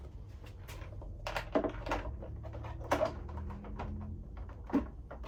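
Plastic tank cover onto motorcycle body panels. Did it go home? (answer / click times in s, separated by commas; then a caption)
no / none. The plastic tank cover of a BMW R1250 GSA is handled over the tank filler neck, to be pushed down and forward so its front tabs go under the motorcycle's body panels. Scattered plastic handling knocks and rubs are heard, with the sharpest at about 1.4, 1.6, 1.9 and 2.9 seconds. The cover has not snapped into place yet; nothing has seated or clicked.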